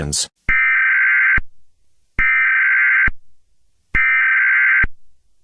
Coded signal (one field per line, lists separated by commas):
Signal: Emergency Alert System (SAME) tones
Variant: header bursts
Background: speech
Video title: EAS Scenario: EF6 Tornado